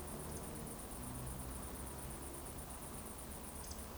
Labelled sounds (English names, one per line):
Eurasian Woodcock whistle